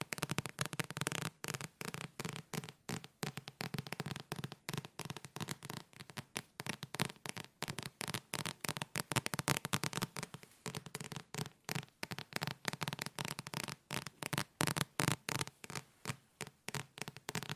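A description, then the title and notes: Fast tapping without any talking, a dense, unbroken run of quick, sharp taps that continues for the full eighteen seconds. The hits are crisp, rapid but slightly irregular, with brief gaps scattered throughout and a faint low hum beneath. ASMR Tapping No Talking Fast & Soothing for Sleep 5 Objects.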